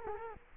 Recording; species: mosquito wingbeat signal from an infrared sensor; Culex quinquefasciatus